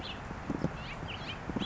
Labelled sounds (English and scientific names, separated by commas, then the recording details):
House Finch (Haemorhous mexicanus)
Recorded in Sonoma County, California